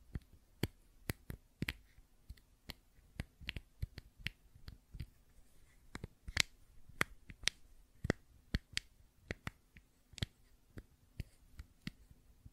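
Sharp taps and clicks from a fidget cube come in quick, uneven bursts, roughly two or three per second, with brief pauses between clusters. Each click is crisp and bright with a short snap. A faint low hum sits steadily underneath throughout.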